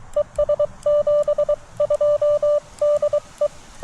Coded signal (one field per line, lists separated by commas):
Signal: Morse code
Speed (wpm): 24 wpm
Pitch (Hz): 590 Hz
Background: none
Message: ES 72 DE